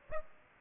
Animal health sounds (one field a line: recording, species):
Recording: mosquito wingbeat signal from an infrared sensor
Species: Aedes albopictus